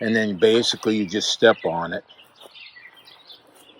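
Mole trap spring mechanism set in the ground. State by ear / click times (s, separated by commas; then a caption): not seated / none. Someone talks for about two seconds while resetting a spring-loaded mole trap poked into the ground in a mole run, which is stepped on to push it down until the trigger latches in the set position. Faint background sound follows, and the clip ends before the trap goes home; nothing has seated or latched yet.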